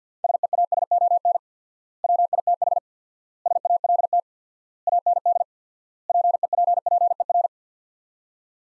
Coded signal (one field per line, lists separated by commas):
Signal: Morse code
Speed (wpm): 49 wpm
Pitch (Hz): 700 Hz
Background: none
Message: SEASON WITH SALT AND PEPPER